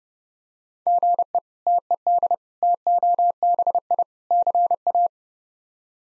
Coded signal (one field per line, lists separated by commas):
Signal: Morse code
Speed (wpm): 30 wpm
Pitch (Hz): 700 Hz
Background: none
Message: GE TED TOBI CA